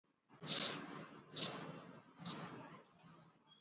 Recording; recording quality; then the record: shallow breathing; excellent, no background noise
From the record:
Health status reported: exposed to COVID-19, no respiratory illness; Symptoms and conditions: cough, cold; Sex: female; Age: 18 years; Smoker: yes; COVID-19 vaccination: both doses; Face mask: worn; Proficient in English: yes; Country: India